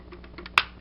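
On a plastic transforming Leader-class Optimus Prime action figure, the last transformation step presses a rectangular slot over a plastic tab. A few faint light taps and rustles come first, then one sharp, loud snap at 0.6 s as the tab seats into the slot, finishing the vehicle mode.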